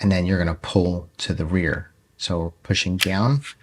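During reassembly of a Palmetto State Armory Dagger Micro C-1 pistol, someone talks while the slide is pushed down at the back and pulled to the rear so it engages the frame rails. Nothing has seated or clicked yet.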